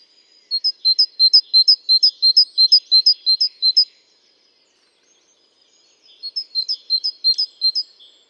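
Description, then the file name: Great tit giving a loud run of high, clipped paired notes, rapidly and evenly repeated, then a silent pause and a second, quieter run. "Parus major"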